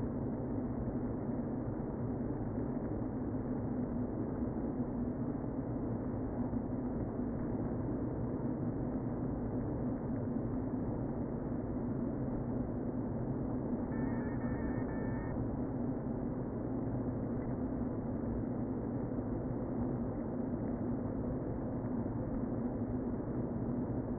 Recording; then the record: honeybee colony, microphone inside the hive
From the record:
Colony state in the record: queen present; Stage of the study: before two queens were removed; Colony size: about 60,000 bees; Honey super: yes